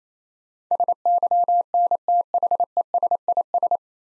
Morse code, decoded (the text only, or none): SYNTHESIS